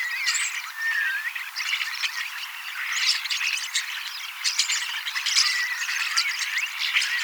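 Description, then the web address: Common starlings in a lively chorus, harsh chatter and rattles mixed with a few drawn-out whistles and sharp clicks. Young birds, 18 October 2024, practising song and mimicking several species a little. "paivat 18 10 2024 kasittaakseni kottaraisnuoret laulavat lauluharjoittelevat useita lajeja matkivat hiukan"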